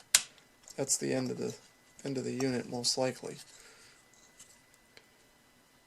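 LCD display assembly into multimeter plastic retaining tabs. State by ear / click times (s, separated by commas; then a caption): seated / 0.2 s. A Radio Shack multimeter's LCD display assembly, held in place with tape, is pressed back into its plastic retaining tabs with care not to break them, and it snaps in with a sharp click at 0.2 s. Someone then talks, followed by a few faint handling taps toward the end. The assembly is confirmed seated and feels tight.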